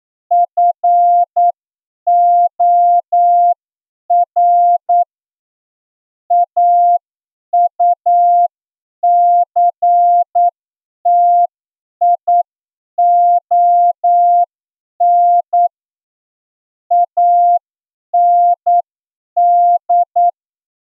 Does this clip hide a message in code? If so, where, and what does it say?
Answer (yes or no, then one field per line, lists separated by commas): yes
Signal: Morse code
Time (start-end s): 0.3-20.3 s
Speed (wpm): 9 wpm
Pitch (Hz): 700 Hz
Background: none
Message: FOR AUCTION AND